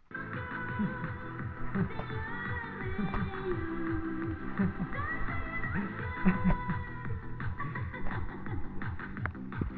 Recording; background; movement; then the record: laughter; music; sitting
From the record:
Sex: male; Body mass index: 20.5 kg/m2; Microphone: on the chest, facing the body